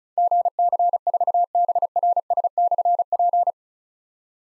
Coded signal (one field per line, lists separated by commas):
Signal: Morse code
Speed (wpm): 36 wpm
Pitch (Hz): 700 Hz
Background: none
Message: GC4BRS/P